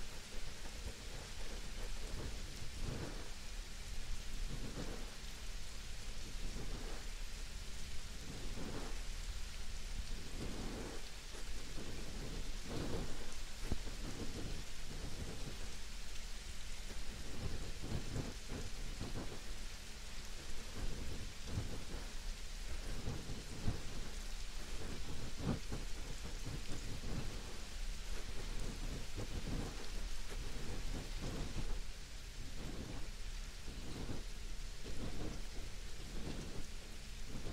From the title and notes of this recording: ASMR super sensitive light ear massage & attention - no talking, rain.